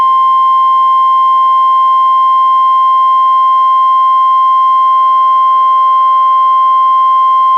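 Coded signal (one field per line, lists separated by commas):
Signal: Emergency Alert System (SAME) tones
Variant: 1050 Hz attention tone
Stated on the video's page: NWR Required Weekly Test relayed by weather radio station, received on Reecom R-1630 weather radio and recorded through Zoom H1 recorder.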